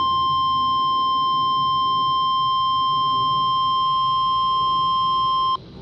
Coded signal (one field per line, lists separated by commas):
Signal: Emergency Alert System (SAME) tones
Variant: 1050 Hz attention tone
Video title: (EAS "#564") Required Weekly Test from KHC27 (Rock Hill, SC) - 12/25/2024